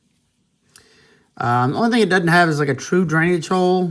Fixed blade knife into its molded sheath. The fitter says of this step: love the cottage sheath it's got a nice positive click to it nice ramp right here